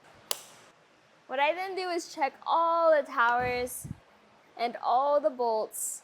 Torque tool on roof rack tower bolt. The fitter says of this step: your tool clicks, showing that it's torqued.